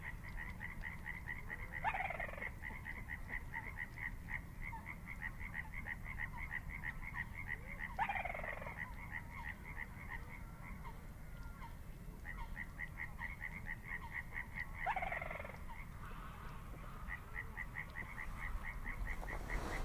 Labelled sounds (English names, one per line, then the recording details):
Little Crake song
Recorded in the wild
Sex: female
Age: adult
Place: Kützerhof, Kummerower See, Mecklenburg-Vorpommern, DE
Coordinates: 53.8556, 12.8631
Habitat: wetland
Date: 2011-04-19
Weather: clear, full moon, 10°C, weak northerly winds
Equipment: Sound Devices 702, Sennheiser MKH 70, Rycote Windschutz
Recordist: Frommolt, Karl-Heinz